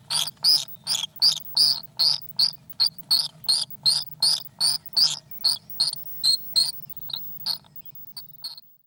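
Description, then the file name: Swift giving high, buzzy screeching calls in quick pulses, which thin out toward the end. Swifts in a nest box, 5 June 2012. "050612 swiftsinbox"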